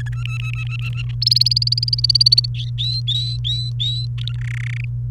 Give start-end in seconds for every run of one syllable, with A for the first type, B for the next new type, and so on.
0.00-0.09 A, 0.12-1.02 B, 1.22-2.46 C, 2.55-4.06 D, 4.18-4.36 E, 4.38-4.85 F